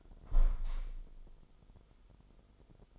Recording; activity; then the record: daily activity, microphone in the room; close window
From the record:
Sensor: 5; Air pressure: 995.8 hPa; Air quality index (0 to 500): 103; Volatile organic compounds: 7 ppm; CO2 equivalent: 1989 ppm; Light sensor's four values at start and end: 40/97/39/41 and 40/97/39/41